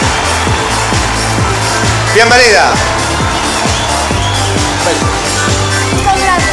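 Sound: audience applause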